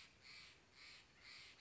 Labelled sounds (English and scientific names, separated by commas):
Steller's Jay (Cyanocitta stelleri)